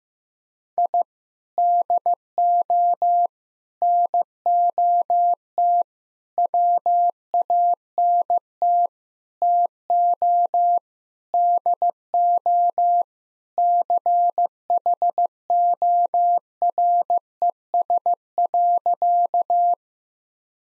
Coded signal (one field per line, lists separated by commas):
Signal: Morse code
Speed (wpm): 15 wpm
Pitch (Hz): 700 Hz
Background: none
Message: I DO NOT WANT TO DO CHORES.